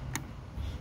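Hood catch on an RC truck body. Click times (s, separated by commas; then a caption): 0.2 s. A scale hood catch on the plastic body of an Imex HG-P408 RC Humvee truck is popped, and it comes loose with a single sharp click at 0.1 s. Low hum and soft handling noise continue afterward, with the catch released.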